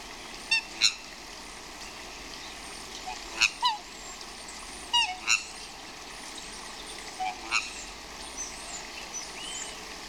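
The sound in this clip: Swans giving harsh squawking calls in scattered pairs, over steady outdoor background hiss.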